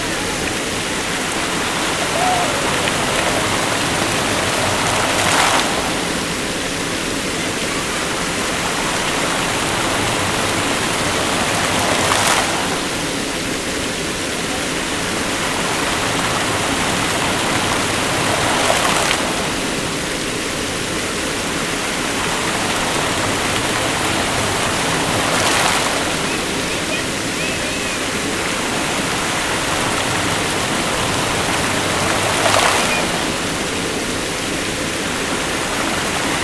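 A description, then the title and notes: A large fountain roars steadily with dense splashing water, swelling in brief surges about every seven seconds as the jets pulse. The monument of Alexander the Great in Skopje is a colossal 24 meter tall statue with a large fountain and dozens of water jets. The very, very long song of the waters of the fountain. Recorded by Manu Hollard.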